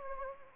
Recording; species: mosquito wingbeat signal from an infrared sensor; Anopheles gambiae